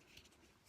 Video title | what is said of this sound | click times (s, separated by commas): Revue huda beauty sapphire obsessions | Hop, ça se clipse. | 0.2 s